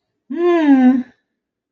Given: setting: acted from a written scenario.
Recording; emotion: vocal sound without words; guilt